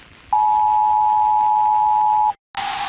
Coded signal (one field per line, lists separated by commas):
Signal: Emergency Alert System (SAME) tones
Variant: 853 and 960 Hz attention tone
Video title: Zombie Virus Outbreak | EAS Scenario – Analog Horror